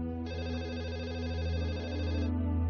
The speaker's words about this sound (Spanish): Y a las 6:30, tal y como esperaba, sonó el teléfono.